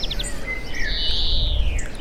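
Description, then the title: European greenfinch song: a few short chips, then a long, drawn-out nasal wheeze that slowly falls in pitch, over a steady low rumble. "vogel der woche. Gruenfink"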